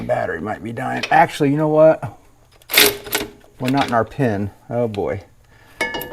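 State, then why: Seated. On a 1966 Mustang, the rear axle is lowered and shifted until the metal centering pin under the rear end drops into its hole in the leaf spring seat. Someone talks over the work, and at 5.8 s a sharp metallic clunk marks the pin popping into place, seating the axle.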